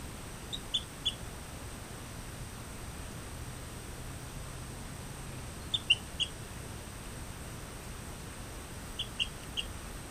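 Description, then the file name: Rio Grande chirping frog calling in three separate bursts of two or three short, high chirps each, spaced several seconds apart over low hiss. "Eleutherodactylus cystignathoides"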